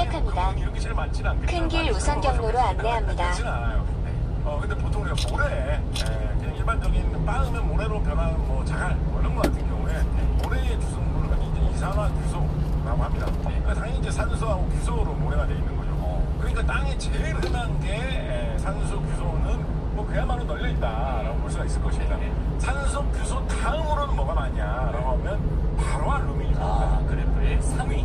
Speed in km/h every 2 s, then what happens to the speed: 19, 19, 17, 20, 23, 23, 22, 21, 16, 15, 16, 17, 18, 21.
0-10 steady at about 19. 10-18 slows to 15. 18-28 speeds up to 21.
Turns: none.